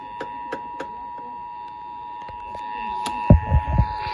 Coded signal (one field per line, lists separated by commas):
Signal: Emergency Alert System (SAME) tones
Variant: 853 and 960 Hz attention tone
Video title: TEXAS REQUIRED MONTHLY TEST (RMT) (REAL EAS#1917-1920)